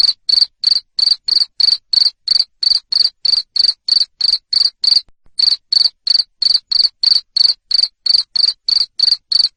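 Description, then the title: Cricket giving a long series of even, trilled chirps near three per second, interrupted once briefly. Loud cricket chirping used to stimulate lovebirds to sing continuously. "Suara JANGKRIK NGERIK Keras Bikin LOVEBIRD Jadi NGEKEK Terus Vubey"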